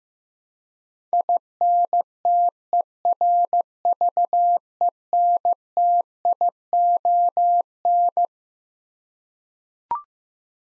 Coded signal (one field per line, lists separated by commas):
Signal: Morse code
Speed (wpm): 15 wpm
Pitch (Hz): 700 Hz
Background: none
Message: INTERVENTION